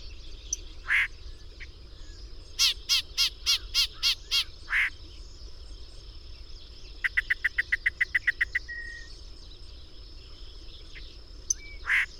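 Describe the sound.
Birdsong: a run of about eight loud, harsh notes, then a fast, regular trill of short notes ending in a whistle, against a steady high hum.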